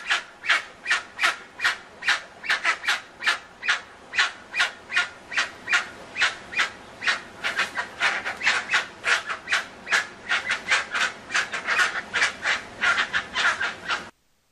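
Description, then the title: Dusky-legged guan song: a rapid, continuous run of harsh honking notes, more than two a second, until it stops abruptly. Singing; played as a sound to call the bird in. "Pavanegra. Pava de Monte o Pava Oscura Cantando Sonido para Llamar"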